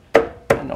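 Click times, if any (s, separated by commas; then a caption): 0.2 s, 0.5 s. An SA internal mechanism for a railroad searchlight signal is lined up with the copper connectors inside a GRS searchlight housing and whacked into place. Two sharp, loud knocks land at 0.2 s and 0.5 s, followed by a faint tap near 0.7 s. The mechanism seats and locks onto the connectors.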